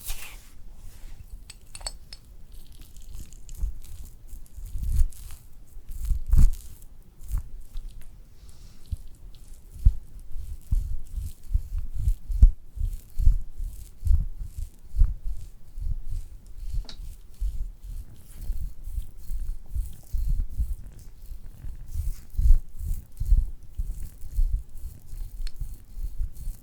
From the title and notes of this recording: ASMR First Person Realistic SPA Facial Layered Sounds, Personal Attention (No talking).